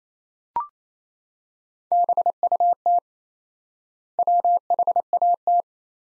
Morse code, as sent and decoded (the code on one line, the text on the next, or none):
-... ..- - / .-- .... .- -
BUT WHAT